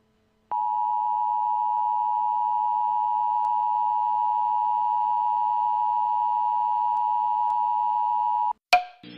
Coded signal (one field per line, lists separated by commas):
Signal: Emergency Alert System (SAME) tones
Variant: 853 and 960 Hz attention tone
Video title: EAS: Blizzard Warning in Denver, CO